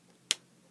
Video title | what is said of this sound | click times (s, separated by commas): Create with Chris- Glitter Duster Demo! | click shut great tool so let me show you how it works | 0.3 s